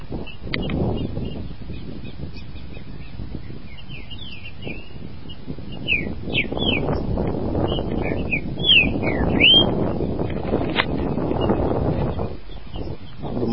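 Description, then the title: Green-winged saltator giving a run of short whistled notes, some rising and some falling, over steady low rumbling background noise. "Trinca Ferro"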